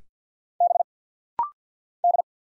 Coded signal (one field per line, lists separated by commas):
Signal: Morse code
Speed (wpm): 48 wpm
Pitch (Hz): 700 Hz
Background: none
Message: B D